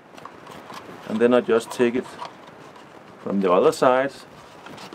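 A birch bark locking tab on a DIY birch bark container is handled and taken from the other side, ready to be pressed down into its locking slot, while someone talks over quiet background noise with a few faint short ticks. Nothing has seated or clicked yet; the tab is not yet home.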